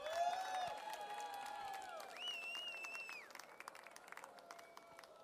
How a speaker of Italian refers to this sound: A te, Barbara. Un applauso! Un applauso!